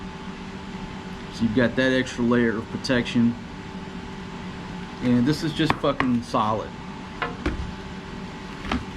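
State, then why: Seated. Someone talks, then the front section of a motorbike helmet, the chin bar, is swung back down and slammed shut into the helmet shell latch, giving knocks at about 7.2 and 7.5 seconds. A sharp, short hit follows at 8.7 seconds as the chin bar locks in place, all over a steady low background hum.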